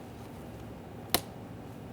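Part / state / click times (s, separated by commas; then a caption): plastic push pin into door panel / seated / 1.1 s. A plastic push pin being fitted into the door panel of a 2009-2014 Nissan Maxima during side mirror replacement is locked by pressing in on its center after the outer portion is slid in. A single sharp click at 1.1 s stands out over low, steady background noise. The push pin locks in and is seated.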